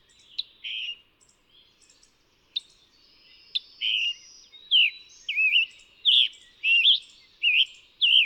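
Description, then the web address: Scarlet tanager song: after a few faint chirps, hoarse burry slurred phrases come in a quick, uneven series, growing louder toward the end. "Songs of Birds of North America Know Your Bird Sounds Common Western Species. Scarlet Tanager"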